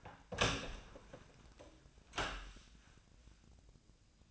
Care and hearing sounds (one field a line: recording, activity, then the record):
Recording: daily activity, microphone in the room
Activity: open door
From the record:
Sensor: 2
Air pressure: 1009.1 hPa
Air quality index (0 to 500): 194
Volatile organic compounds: 3 ppm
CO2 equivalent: 1400 ppm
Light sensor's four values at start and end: 32/84/36/38 and 32/84/36/38